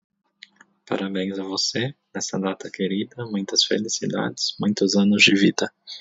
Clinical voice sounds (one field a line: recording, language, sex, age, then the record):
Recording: short text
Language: Brazilian Portuguese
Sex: male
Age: 30 to 39 years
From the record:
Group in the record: control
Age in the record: 33 years